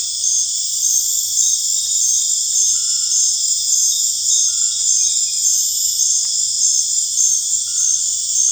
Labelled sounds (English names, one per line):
none